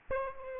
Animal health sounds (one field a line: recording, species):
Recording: mosquito wingbeat signal from an infrared sensor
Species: Aedes albopictus